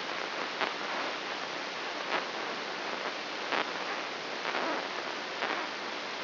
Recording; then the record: brain microelectrode recording played as sound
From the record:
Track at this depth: outside the subthalamic nucleus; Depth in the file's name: 7.86 mm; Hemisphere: left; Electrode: 3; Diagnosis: Parkinson's disease